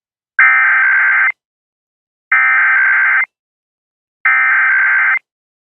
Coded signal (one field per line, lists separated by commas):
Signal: Emergency Alert System (SAME) tones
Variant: header bursts